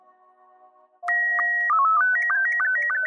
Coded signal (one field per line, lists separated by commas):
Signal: SSTV (slow-scan television)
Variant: Robot 72